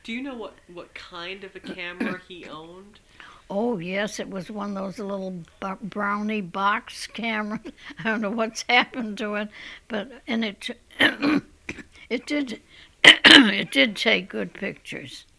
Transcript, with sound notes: Do you know what kind of camera he owned?
Oh, yes. It was one of those little brownie box cameras. ( she laughs ) I don't know what's happened to it. And it took, it did, it did take good pictures.